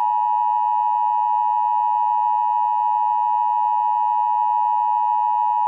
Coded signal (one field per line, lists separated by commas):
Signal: Emergency Alert System (SAME) tones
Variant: 853 and 960 Hz attention tone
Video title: EAS Scenario: Georgia Weather Disaster